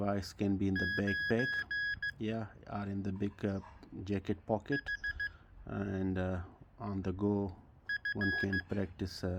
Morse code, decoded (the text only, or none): 9 H F